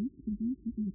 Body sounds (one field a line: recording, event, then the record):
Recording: neck accelerometer signal played as sound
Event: no cough (speech, laughter, throat clearing or background)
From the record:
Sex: male